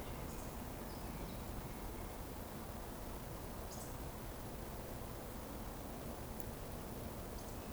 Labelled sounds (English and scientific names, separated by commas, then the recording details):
Eurasian Woodcock (Scolopax rusticola) whistle
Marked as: whistle, whistle, whistle
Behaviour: display flight
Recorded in Baden-Württemberg, Germany, on 25 June 2020 at 19:48 UTC
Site 14569, 102 m above sea level